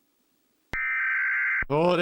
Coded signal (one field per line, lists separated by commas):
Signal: Emergency Alert System (SAME) tones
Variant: header bursts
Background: speech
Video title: European SCARED In Reaction To: Emergency Alert Systems (EAS) are Scary 🚨❗️🆘